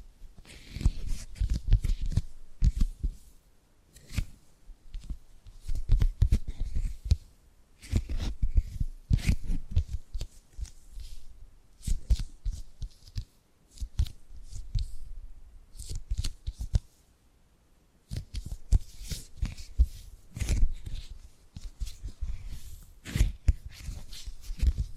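Tapping and gripping sounds come in bursts of quick, crisp clicks and rustles, each run lasting a few seconds before a short pause. The taps land dense and irregular, with a dull low thump under the bright edges.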